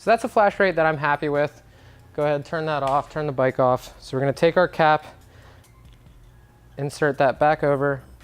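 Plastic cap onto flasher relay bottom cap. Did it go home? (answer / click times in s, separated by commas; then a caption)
no / none. Someone talks while handling the plastic cap insert of an LED flasher relay on a 2008+ Yamaha WR250 after setting the flash rate and turning the bike off, about to press the cap back over onto the relay's bottom cap. Between stretches of talk there is only quiet background, and nothing has seated or clicked yet.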